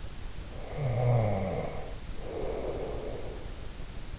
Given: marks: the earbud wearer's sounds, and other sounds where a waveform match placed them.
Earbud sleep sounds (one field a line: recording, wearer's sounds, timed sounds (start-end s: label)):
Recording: sounds in sleep by an in-ear microphone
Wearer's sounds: snoring breath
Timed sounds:
0.57-3.43 s: snoring breath